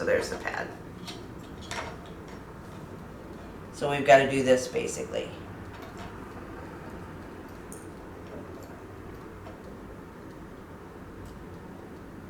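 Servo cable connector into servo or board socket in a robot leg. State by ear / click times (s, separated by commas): seated / 7.7 s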